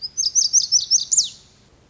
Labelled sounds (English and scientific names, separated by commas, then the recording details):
Lazuli Bunting (Passerina amoena)
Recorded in Sonoma County, California